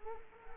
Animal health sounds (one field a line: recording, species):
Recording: mosquito wingbeat signal from an infrared sensor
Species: Culex quinquefasciatus